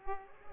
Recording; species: mosquito wingbeat signal from an infrared sensor; Culex pipiens